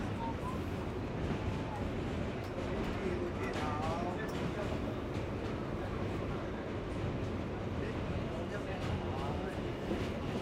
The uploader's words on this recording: Int, NYT Subway WT, Talking, Etc. NYC Subway.